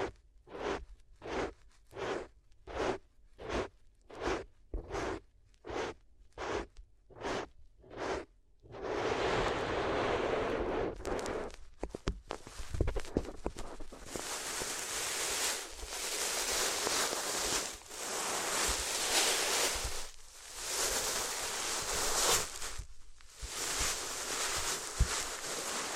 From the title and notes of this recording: ASMR If You Had Paper Ears (No Talking).